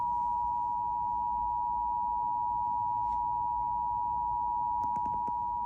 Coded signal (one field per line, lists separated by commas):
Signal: Emergency Alert System (SAME) tones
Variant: 853 and 960 Hz attention tone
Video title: Hi there Cox (EAS #8)